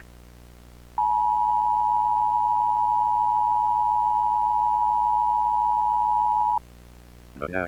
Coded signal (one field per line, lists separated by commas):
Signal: Emergency Alert System (SAME) tones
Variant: 853 and 960 Hz attention tone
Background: speech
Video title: EAS Scenario - Intergalactic War (PREVIEW #2)